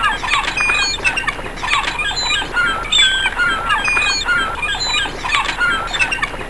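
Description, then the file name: Gull calls, a run of harsh overlapping squawks and short wailing notes from several birds, steady throughout against a busy, hissy background. "seagull"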